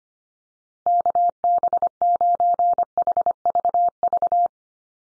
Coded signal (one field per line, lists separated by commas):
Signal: Morse code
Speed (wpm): 25 wpm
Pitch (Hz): 700 Hz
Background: none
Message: KB9HVV